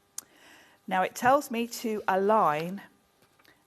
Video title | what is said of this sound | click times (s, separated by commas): HobbyMaker Live | and then bring it down until it clicks into 45° where it's got that little envelope picture. | 0.2 s